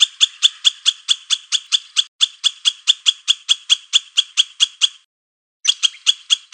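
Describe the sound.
Squirrel chatter: rapid harsh barks at an even pace, about two per second, with a short gap before the calls resume.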